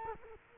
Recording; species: mosquito wingbeat signal from an infrared sensor; Culex quinquefasciatus